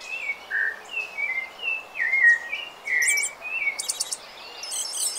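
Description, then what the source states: Rufous-bellied thrush singing a series of mellow whistled notes, each slurred up or down, given one after another. Brazil; sings at dawn and dusk, in urban areas and forests; song attracts mates and marks territory; each individual sings unique variations.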